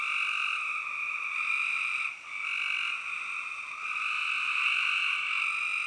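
Dense spring peeper chorus, a constant shrill high-pitched ringing with brief dips in volume midway.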